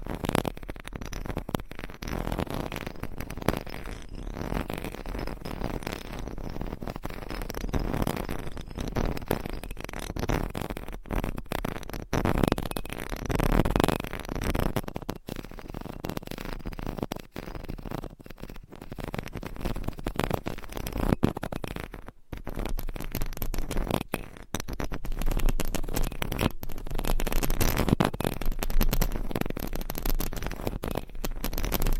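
Mic scratching runs throughout as dense, rough rubbing and crackling, with frequent quick dropouts and short bursts that swell and fade irregularly.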